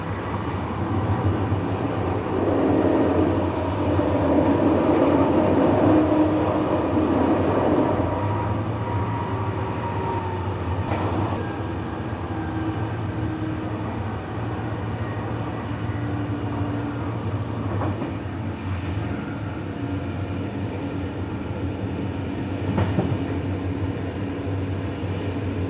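A train carriage rolls along on an evening ride, with a steady low rumble and rattle that swells louder for the first several seconds and then settles. Faint whining tones drift through, with a few sharp clicks near 11, 18 and 23 seconds.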